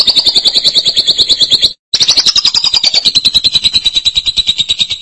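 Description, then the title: Lovebird trilling in a quick, rattling, high-pitched series, pausing briefly and then continuing with a slightly higher start that settles lower. "BM Suara Burung Lovebird"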